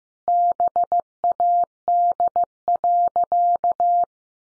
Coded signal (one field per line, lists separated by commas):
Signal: Morse code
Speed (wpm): 15 wpm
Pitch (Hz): 700 Hz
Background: none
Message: BAD.